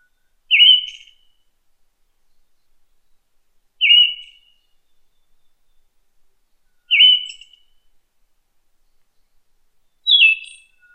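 Siberian thrush repeating a short, buzzy whistled phrase about every three seconds, with the last one higher and falling. Little else is heard.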